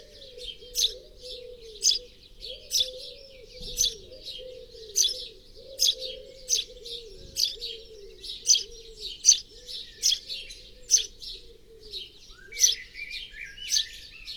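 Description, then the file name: House sparrow chirps, bright and sharp, repeated roughly once a second throughout. "Passer domesticus"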